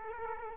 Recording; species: mosquito wingbeat signal from an infrared sensor; Culex quinquefasciatus